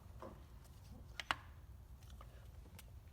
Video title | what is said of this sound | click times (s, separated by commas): 2017-2022 Honda CR-V Spark Plug Replacement | So we're gonna push that in, and as we push it in, we're gonna plug in our electric. You hear that click? | 1.2 s, 1.3 s